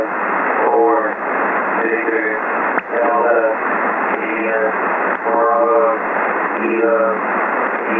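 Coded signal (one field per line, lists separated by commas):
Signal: coded military voice message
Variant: Emergency Action Message, English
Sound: a male voice reading short clipped groups through heavy shortwave hiss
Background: radio static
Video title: Andrews AFB (Maryland, USA) - Emergency Action Message - 11175 khz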